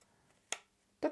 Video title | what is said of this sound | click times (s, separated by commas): Robotime Treasure Box : le coffre fort en bois | temps petit clic et on peut ouvrir la boîte en fait | 0.5 s